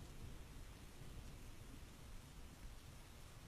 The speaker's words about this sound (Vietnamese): Tiếng mưa ở bên ngoài tràn vào bên trong xe, cùng với tiếng sấm sét làm cho tôi bất giác rúm lại.